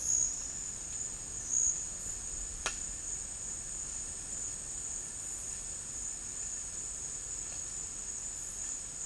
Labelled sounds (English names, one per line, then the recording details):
none
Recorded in dense forest near Puerto Asís, Putumayo, Colombia, on 12 March 2025 at 13:30
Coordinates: 0.485, -76.318
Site G056